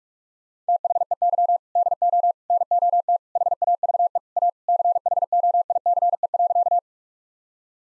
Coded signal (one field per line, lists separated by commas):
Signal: Morse code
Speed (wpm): 41 wpm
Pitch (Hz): 700 Hz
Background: none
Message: THEY DO NOT HAVE A CHOICE.